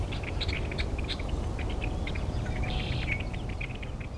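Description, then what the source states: Red-winged blackbird song, scattered sharp chips and a brief buzzy trill midway, over a steady low rumbling background. Bird that favours wetlands, marshes and ponds throughout the region; recording credited to the Cornell Lab of Ornithology.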